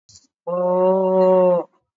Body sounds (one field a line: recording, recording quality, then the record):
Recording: sustained vowel as in boot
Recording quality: excellent, no background noise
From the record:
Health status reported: COVID-19 positive, mild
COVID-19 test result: positive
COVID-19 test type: RT-PCR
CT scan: taken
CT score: 5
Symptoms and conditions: fatigue, muscle pain, hypertension, diabetes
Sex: female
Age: 65 years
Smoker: no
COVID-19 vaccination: one dose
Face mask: not worn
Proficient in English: yes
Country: India